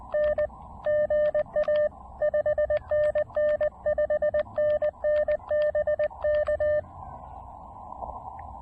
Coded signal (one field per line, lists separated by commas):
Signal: Morse code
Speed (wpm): 19 wpm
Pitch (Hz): 590 Hz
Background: radio noise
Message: N GA 5NN 5NN BK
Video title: A One Watt, Low-Profile POTA Activation: Avoiding the Labor Day crowds by going off-trail!